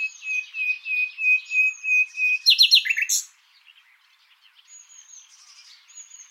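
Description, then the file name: Common nightingale giving a series of clear whistles on one pitch, then a quick buzzy flourish, followed by quieter chirps and whistles. "Luscinia megarhynchos"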